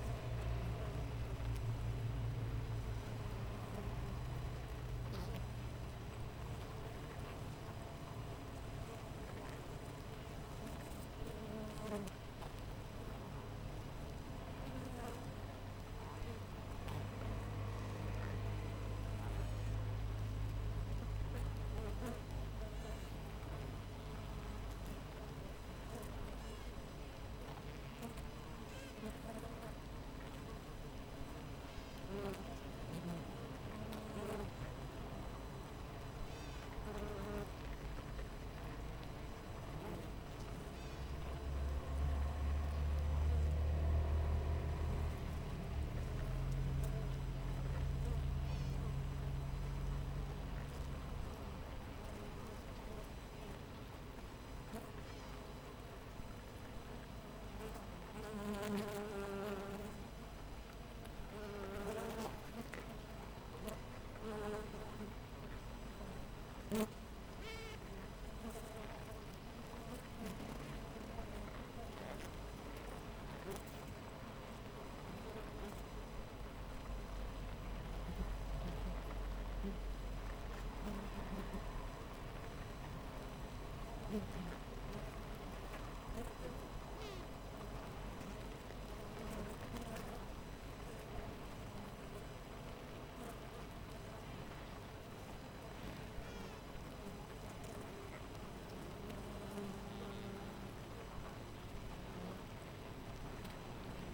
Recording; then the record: honeybee colony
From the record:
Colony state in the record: missing queen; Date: 14 July 2017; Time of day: 6:50